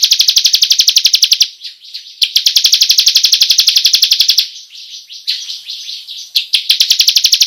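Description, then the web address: Bar-winged prinia pouring out long, fast rolling trills, high-pitched and even, broken by brief quieter gaps. Long rolling song style, locally called ngerol panjang. "ciblek suara-burung-ciblek-ngerol-panjang"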